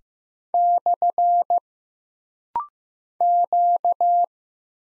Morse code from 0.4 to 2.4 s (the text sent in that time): /